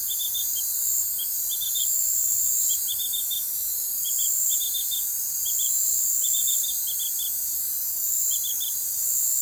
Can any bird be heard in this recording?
no